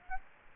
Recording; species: mosquito wingbeat signal from an infrared sensor; Aedes aegypti